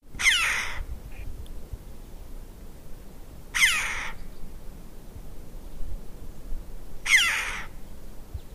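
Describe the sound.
Red-billed chough giving loud, harsh calls, three of them spaced about three and a half seconds apart, over low background noise.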